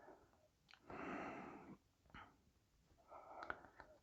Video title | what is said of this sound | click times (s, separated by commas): Warhammer 40,000: Combat Patrol: Carnage. Episode 43.1 | Push till it clicks. | 3.5 s